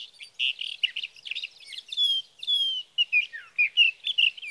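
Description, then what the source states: Sage thrasher song, buzzy chattering notes, then clear descending whistled slurs and a quick run of varied warbles. Male singing through the night near his night roost, evenings June 12 to mornings June 15, 2018, Sierra Valley, California; Swift recorder.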